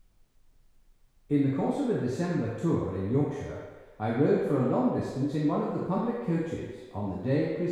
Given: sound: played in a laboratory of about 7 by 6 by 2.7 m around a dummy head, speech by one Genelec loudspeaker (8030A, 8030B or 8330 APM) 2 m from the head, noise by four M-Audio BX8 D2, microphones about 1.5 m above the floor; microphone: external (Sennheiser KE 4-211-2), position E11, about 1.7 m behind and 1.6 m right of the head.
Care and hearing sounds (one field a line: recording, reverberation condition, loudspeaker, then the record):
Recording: male speech in English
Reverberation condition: high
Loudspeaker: 120 degrees to the right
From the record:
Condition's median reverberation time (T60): about 1300 ms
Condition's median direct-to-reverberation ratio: about -4.0 dB